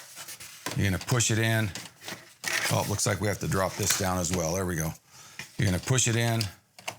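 A plastic ink cartridge is handled and pushed into its slot in the carriage of an Epson P900 photo printer while someone talks throughout, with a few brief handling knocks, the last near 6.8–6.9 s. Nothing has seated or clicked yet; the cartridge is not home by the end of the clip.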